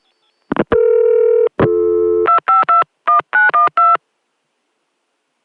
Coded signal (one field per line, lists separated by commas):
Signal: DTMF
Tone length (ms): 130 ms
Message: 2521912